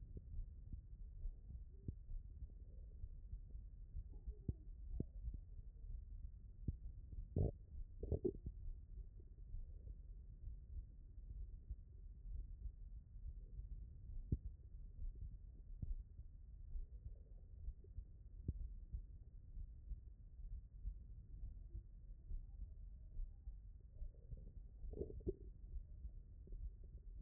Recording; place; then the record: heart sounds by stethoscope; tricuspid valve (TV)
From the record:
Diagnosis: non-HFrEF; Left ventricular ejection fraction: 62%